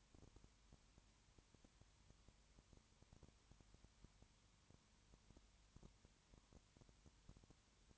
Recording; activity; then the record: daily activity, microphone in the room; no activity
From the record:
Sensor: 3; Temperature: 21.1 degrees Celsius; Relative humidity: 37.0%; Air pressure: 1010.6 hPa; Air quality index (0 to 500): 204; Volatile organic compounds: 31 ppm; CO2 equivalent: 2976 ppm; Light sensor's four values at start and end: 2/3/2/2 and 2/3/2/2